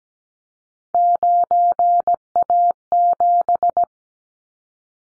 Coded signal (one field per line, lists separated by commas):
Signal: Morse code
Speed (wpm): 17 wpm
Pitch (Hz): 700 Hz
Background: none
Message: 9A7